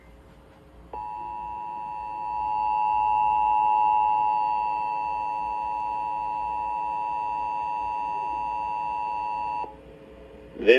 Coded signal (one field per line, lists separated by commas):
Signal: Emergency Alert System (SAME) tones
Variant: 853 and 960 Hz attention tone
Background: speech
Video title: SEPTEMBER RMT MONTH - EAS Tests From 9/20/24 (EAS #2579-2585)